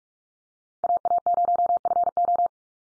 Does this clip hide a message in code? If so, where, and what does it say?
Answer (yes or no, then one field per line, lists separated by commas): yes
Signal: Morse code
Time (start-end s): 0.8-2.5 s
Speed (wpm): 44 wpm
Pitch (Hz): 700 Hz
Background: none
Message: AA0FO